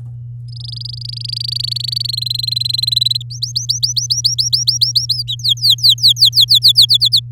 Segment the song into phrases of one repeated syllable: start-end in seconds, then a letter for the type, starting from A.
0.48-2.07 A, 2.08-3.22 B, 3.30-5.23 C, 5.27-6.86 D, 6.89-7.20 E